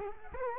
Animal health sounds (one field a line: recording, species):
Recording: mosquito wingbeat signal from an infrared sensor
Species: Culex quinquefasciatus